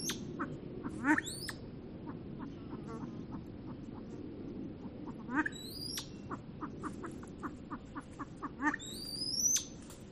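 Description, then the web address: Silver pheasant calls: short clucking notes in a series, with occasional high, sharply rising whistles over steady background hiss. "kvasovets lophura-nycthemera-sound"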